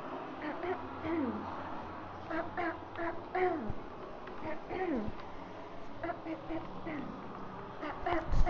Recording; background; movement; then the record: throat clearing; traffic; walking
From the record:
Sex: female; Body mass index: 18.8 kg/m2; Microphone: on the chest, facing outward